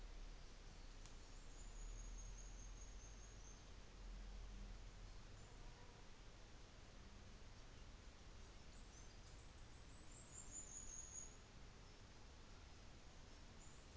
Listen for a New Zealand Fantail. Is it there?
no